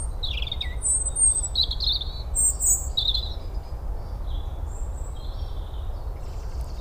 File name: Erithacus rubecula